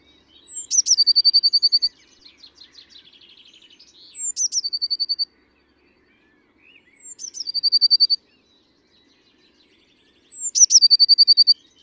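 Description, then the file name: Eurasian blue tit giving a sharp downslurred note that runs into a long buzzy trill, repeated roughly every three seconds with quiet gaps. "Cyanistes caeruleus"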